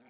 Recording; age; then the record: pig call; piglet (1 to 25 days)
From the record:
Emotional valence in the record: positive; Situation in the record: short reunion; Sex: male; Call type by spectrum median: low-frequency call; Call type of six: low-frequency tonal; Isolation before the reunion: 3 minutes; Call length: 0.10 s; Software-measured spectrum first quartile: 365 Hz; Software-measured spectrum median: 820 Hz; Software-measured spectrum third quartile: 2472 Hz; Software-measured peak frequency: 238 Hz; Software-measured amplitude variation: 47 dB a second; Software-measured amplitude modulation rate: 5.1 a second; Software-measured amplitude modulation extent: 9.2 dB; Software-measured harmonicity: 0.2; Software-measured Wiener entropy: -1.15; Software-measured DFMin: 641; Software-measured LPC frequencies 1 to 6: 642, 1558, 2289, 3281, 4327, 5217 Hz